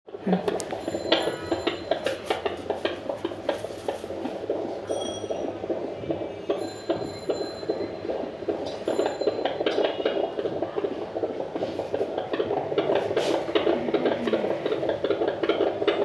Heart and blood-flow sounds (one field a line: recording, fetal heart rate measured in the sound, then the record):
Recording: fetal heartbeat by stethoscope microphone, probably a fetal Doppler's sound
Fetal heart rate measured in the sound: 153 bpm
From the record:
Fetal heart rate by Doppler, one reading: 140 bpm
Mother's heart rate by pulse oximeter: 105 bpm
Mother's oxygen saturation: 100%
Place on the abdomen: bottom middle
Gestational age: 37+ weeks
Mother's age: 24 years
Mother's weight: 65 kg